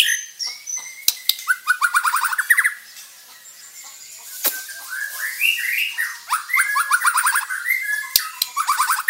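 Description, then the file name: White-rumped shama singing rapid trilled and descending whistled series, with sharp clicks between phrases and a brief pause midway before the song resumes. Murai batu of the Bordan variety. "Suara Murai Bordan"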